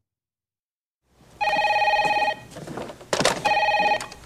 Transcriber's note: phone rings. Tom Cruise answers